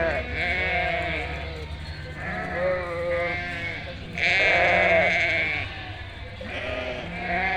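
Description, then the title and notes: Many sheep bleating together, overlapping wavering calls with a louder, higher drawn-out bleat near the middle. Flock of 467 sheep and lambs, moving while grazing grass and wild garlic; highly spatialised, moving bleating chorus; spring day, Chindrieux, France; binaural recording, Fostex FR2 LE. "847 Rue de Vars, 73310 Chindrieux, France - Troupeau de moutons. En ce jour de printemps, au beau milieu d'un troupeau de 467 moutons et agneaux fraîchement comptés par le berger. Bêlements en chorale très spacialisée et en mouvement"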